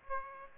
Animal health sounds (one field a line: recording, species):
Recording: mosquito wingbeat signal from an infrared sensor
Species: Aedes aegypti